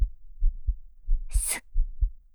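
A pounding heartbeat heard with an ear pressed against an adult woman's chest.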